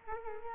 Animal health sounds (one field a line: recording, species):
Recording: mosquito wingbeat signal from an infrared sensor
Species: Culex quinquefasciatus